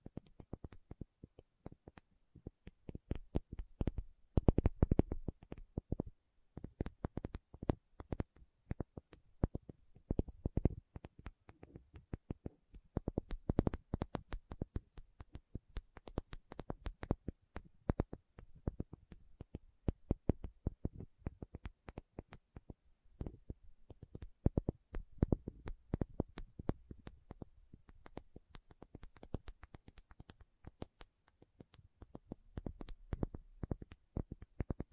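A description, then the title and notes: A tapping session with no talking: dense, irregular taps and clicks run through the whole clip, some quick flurries and some single knocks. The taps are soft and dull, with a low thump under most, and brief pauses near 6 and 33 seconds. Tapping Session (No Talking).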